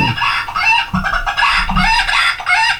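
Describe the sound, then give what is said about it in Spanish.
A rooster crows loudly, its harsh, strained call breaking into several warbling bursts that rise and fall in pitch over about three seconds, with no voices alongside. “un segundito, que suena el gallo.”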